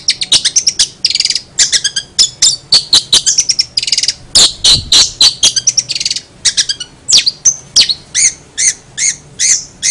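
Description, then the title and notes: Long-tailed shrike song in bursts: harsh buzzy phrases alternate with quick high chirps and slurred whistles, shifting pattern throughout. Master training song with Cililin-style fill (isian). "Suara Burung Cendet Isian Cililin. Masteran Burung Cendet"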